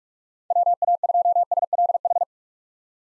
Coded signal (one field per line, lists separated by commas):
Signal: Morse code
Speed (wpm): 46 wpm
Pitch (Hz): 700 Hz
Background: none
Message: WA2SLH